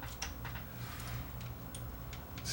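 During reassembly of a Pioneer CTF1250 car cassette deck mechanism (a unit that shuts down when play is pressed), the plastic bracket that holds the cassette is fitted onto the transport. Amid faint handling ticks and a low background hum, a sharp snap at 0.2 s is the loudest hit, followed by softer clicks later in the clip. The cassette holder bracket seats into place.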